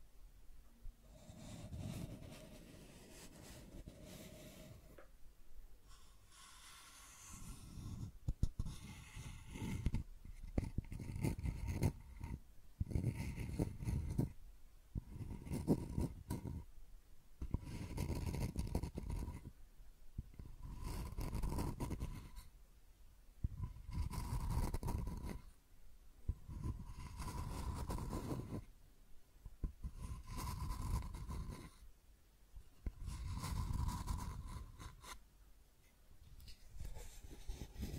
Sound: Scratching and Tracing Sounds